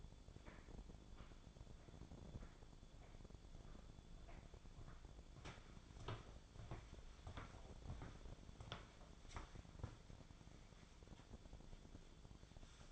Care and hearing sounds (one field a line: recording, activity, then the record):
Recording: daily activity, microphone in the room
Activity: walk to room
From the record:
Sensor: 5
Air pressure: 1000.0 hPa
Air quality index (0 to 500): 91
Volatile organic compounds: 1 ppm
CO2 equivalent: 748 ppm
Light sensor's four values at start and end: 363/897/377/421 and 358/847/368/415